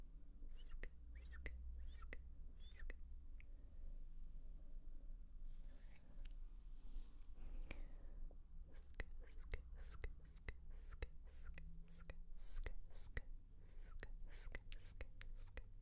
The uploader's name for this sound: Assorted Mouth Sounds ~ (Sk, Tk, Shh, Kissing etc)